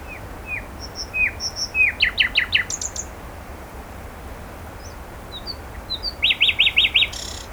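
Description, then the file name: Common nightingale song: upslurred whistles and thin high notes, then fast rattling trills, a pause, and another bright rapid trill series near the end. "Luscinia megarhynchos"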